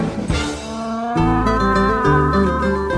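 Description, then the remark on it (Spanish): A donkey brays loudly, its harsh, harmonic voice see-sawing between a rasping inhale and a lower, honking exhale over about three seconds, with no talking. “Ese es el rebuzno de un burro.”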